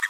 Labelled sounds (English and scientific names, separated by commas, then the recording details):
Green-rumped Parrotlet (Forpus passerinus) babbling
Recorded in a nest box in Venezuela
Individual 18B25A5